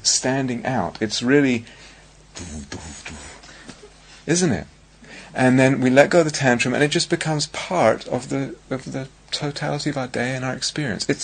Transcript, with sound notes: standing out. It's really... [makes huffing and puffing noises] isn't it? And then we let go of the tantrum, and it just becomes part of the totality of our day and our experience.